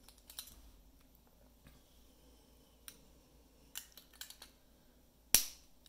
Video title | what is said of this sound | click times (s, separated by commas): Best fountain pen capping mechanisms | it makes a really loud sound, has a really nice click, very solid, very secure. | 5.3 s